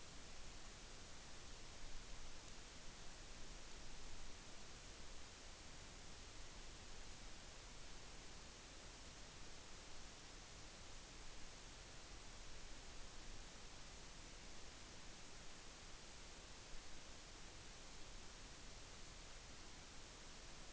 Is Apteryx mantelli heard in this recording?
no